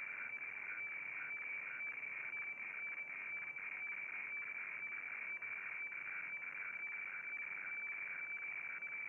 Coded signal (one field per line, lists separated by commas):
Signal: weather fax (radiofax)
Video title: Réception FAX HF du 07 07 2022